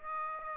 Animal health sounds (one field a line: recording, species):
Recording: mosquito wingbeat signal from an infrared sensor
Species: Aedes aegypti